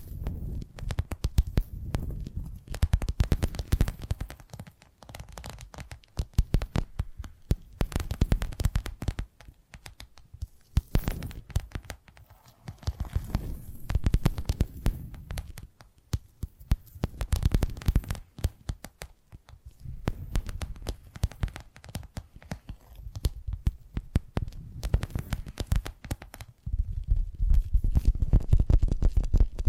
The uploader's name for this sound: Addictive Tapping Triggers